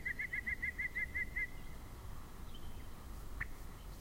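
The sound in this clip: Yellow-breasted chat giving a quick run of several clipped, repeated notes, followed by quiet with one faint short note near the end over low hum.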